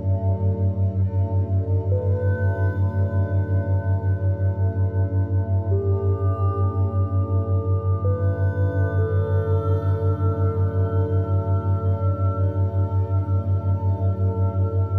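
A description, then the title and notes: Binaural theta beat tones: a deep, steady hum pulses rapidly and evenly throughout, under a soft drone of sustained, bowl-like tones. Higher tones shift in pitch at a few points, near two, six, eight and nine seconds, while the overall loudness stays constant. Unblock Creativity with Binaural Beat Theta Waves.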